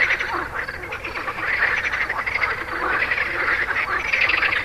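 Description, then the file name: Many frogs croaking together, a steady churning mass of rapid pulsed calls with no break. "grenouilles"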